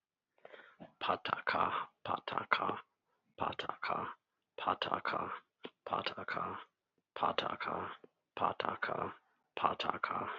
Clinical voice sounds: repeated syllables /pa ta ka/; male; 30 to 39 years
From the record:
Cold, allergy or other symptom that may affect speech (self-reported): no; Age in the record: 33 years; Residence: Rhode Island, United States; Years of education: 12

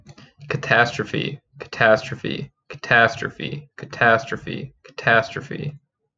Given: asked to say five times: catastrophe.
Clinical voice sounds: repeated word; male; 20 to 29 years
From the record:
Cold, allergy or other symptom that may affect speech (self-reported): no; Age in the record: 23 years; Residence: New York, United States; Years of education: 17

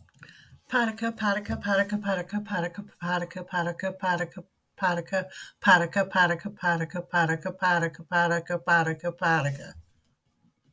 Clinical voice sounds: repeated syllables /pa ta ka/; female; 60 to 69 years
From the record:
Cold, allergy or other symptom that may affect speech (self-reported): no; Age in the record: 60 years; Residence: Michigan, United States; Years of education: 13

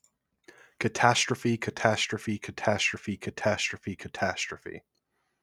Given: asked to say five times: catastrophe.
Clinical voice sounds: repeated word; male; 20 to 29 years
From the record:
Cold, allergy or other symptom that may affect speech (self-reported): no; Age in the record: 24 years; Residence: New Jersey, United States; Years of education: 16

